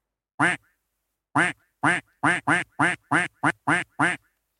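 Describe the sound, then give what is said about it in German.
A voice imitates a duck with about ten nasal, raspy quacks, the first one alone, then a quick run of evenly spaced loud calls. “Wer wirklich denkt, das war eine Ente, der hat noch nie meine Ente gehört.”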